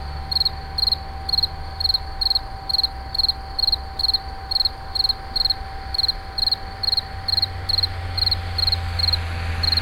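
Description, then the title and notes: Insect song of brief pulsed chirps repeated steadily roughly twice a second, with a constant mechanical hum and low rumbling in the background. Recorded in 2011 at Moulins-sur-Allier, near a wastewater treatment plant. "Insect near WWTP. 2011, Moulins sur allier"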